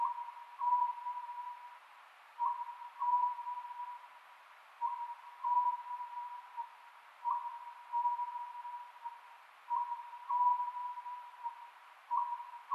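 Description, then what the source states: Oriental scops owl giving short hooting phrases of a few notes near one pitch, repeated steadily about every two and a half seconds against a soft hiss. Recorded 27 May 2010 at 22:21.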